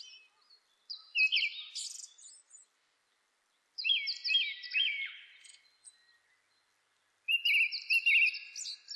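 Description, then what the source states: Japanese thrush song, three phrases of fluty whistled notes with higher flourishes, separated by short pauses. Recorded on 26 April 2006.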